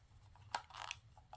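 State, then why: Seated. A grooming attachment is pushed onto the keyed end of the plastic vacuum hose of a pet grooming kit and clicks in at 0.5 s. Brief scraping and light knocks follow, with further small ticks around 0.8–0.9 s and 1.3 s. The attachment is firmly seated.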